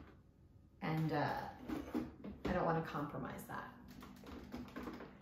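Someone talks as an airtight ingredient storage canister is placed onto a PantryChic dispensing base unit, making a light tap at 4.8 s. The canister sits wobbly and is not seated properly, so the bottom is then twisted to get it in.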